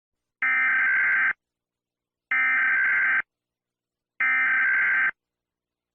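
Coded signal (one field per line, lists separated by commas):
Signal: Emergency Alert System (SAME) tones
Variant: header bursts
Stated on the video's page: Fictional EAS scenario, not a real alert, though it uses valid EAS tones.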